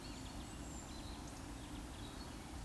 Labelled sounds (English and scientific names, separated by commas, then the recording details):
Eurasian Woodcock (Scolopax rusticola) whistle
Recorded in Baden-Württemberg, Germany, on 22 June 2020 at 20:01 UTC
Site 43286, 227 m above sea level